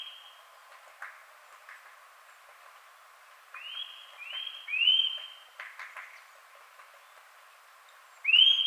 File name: Sitta europaea